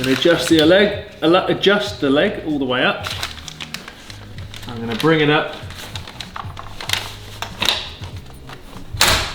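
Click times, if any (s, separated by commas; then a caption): 9.0 s. Someone talks while the support leg of a Fiamma F45s wind-out awning on a VW T4 camper is raised all the way up, with light knocks and rattles as it is handled. The leg is pushed up into its retaining clip on the awning case and snaps in sharply at 9.0 s, seated.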